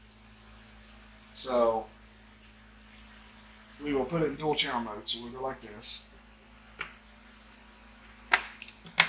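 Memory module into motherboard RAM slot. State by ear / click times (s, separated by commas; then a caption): seated / 8.3 s, 9.0 s. A second memory stick is pushed into a motherboard RAM slot to run the memory in dual channel mode, while someone talks over a steady low hum. The slot latches close with two sharp clicks at 8.3 s and 9.0 s, and the stick is seated.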